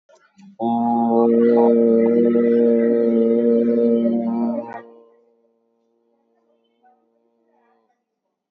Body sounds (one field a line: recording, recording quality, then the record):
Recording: sustained vowel as in boot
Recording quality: excellent, no background noise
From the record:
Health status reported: COVID-19 positive, no symptoms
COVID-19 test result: positive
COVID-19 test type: RT-PCR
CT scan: taken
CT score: 7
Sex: male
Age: 50 years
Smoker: no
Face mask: worn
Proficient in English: yes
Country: India